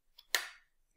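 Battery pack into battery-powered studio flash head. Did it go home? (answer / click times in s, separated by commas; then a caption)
yes / 0.4 s. A battery pack is clipped into a Profoto B1 battery-powered studio flash head using two lugs on each side. A faint tick at 0.2 s is followed by a sharp, bright click at 0.3 s that rings out for about a quarter second. The click means the battery is locked in place.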